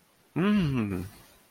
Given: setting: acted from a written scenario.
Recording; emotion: vocal sound without words; interest